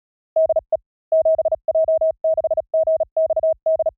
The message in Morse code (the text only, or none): DE 7J6GXD